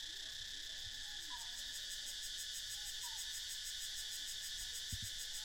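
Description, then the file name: Cicada chorus: a steady, loud high-pitched drone with fast pulsing in the upper tones; a few soft falling chirps and a low thump near the end. "freesound cicadas"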